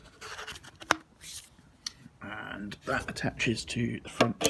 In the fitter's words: the air and they clip together